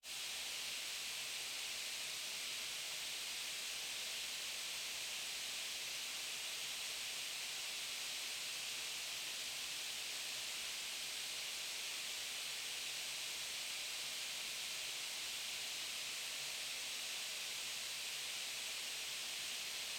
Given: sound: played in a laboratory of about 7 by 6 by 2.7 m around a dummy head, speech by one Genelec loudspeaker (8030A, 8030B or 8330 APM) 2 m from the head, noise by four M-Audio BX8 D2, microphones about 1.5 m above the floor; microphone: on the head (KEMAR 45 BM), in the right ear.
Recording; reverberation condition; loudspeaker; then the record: white noise; high; four, about 170 cm from the corners of the room and facing them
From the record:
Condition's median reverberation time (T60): about 1300 ms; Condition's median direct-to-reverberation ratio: about -4.0 dB